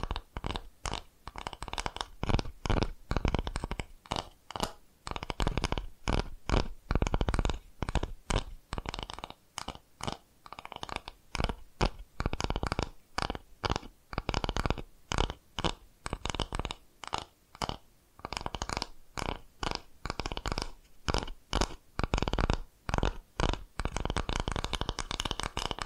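ASMR tapping in quick, uneven flurries of sharp taps, each with a soft thud underneath and a bright clicky edge. The bursts come in clusters separated by short pauses, notably around ten and eighteen seconds, continuing steadily to the end.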